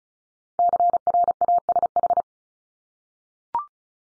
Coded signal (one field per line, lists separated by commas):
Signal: Morse code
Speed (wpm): 36 wpm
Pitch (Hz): 700 Hz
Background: none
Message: CRASH